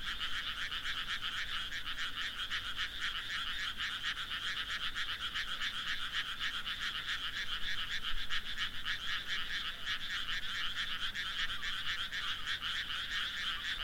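Frog calling, a continuous rapid pulsing rattle, steady throughout with no pauses.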